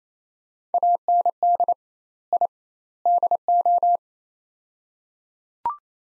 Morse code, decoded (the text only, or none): AND I DO